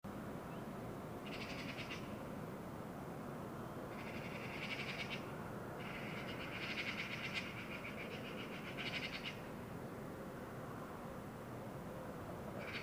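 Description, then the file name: Eurasian magpie rattle call, several harsh clacking series, one longer run in the middle, against continuous background noise. "Pica pica"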